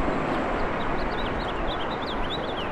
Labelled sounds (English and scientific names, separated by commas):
House Finch (Haemorhous mexicanus) song